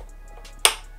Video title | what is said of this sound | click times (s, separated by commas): Building The ULTIMATE Gaming PC! | and it'll lock over here first and then right | 0.7 s